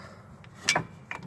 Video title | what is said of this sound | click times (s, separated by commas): 04 Mitsubishi Endeavor rear breaks | spring on top of that push it down as you're pushing in and just click right in like | 0.7 s